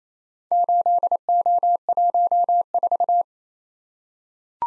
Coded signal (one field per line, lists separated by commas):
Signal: Morse code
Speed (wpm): 27 wpm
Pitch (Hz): 700 Hz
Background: none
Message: 8O14